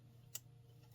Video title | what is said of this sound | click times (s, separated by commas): iPhone 14 Back Cover Repair Guide - From Start to Finish! | You hear that? Nice satisfying tiny little click. | 0.4 s